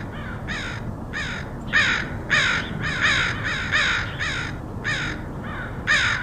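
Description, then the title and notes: Crow caws, hoarse and repeated, several birds overlapping in an irregular chorus over a low rumble. Crows recorded in Portland, Oregon, USA, in August 2003. "Crows of Portland. Crows recorded by Dan Bodah in Portland, OR, August 2003"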